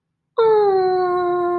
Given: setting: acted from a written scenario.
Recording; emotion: vocal sound without words; adoration